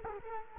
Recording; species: mosquito wingbeat signal from an infrared sensor; Culex quinquefasciatus